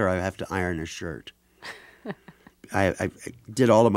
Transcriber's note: soundbite of laughter